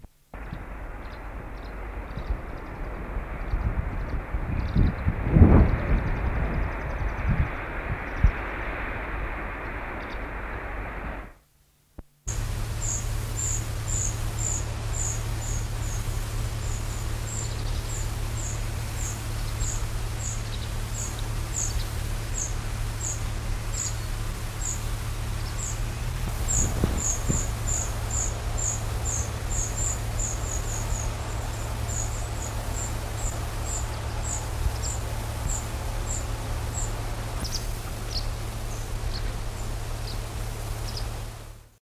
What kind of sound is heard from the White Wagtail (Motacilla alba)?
call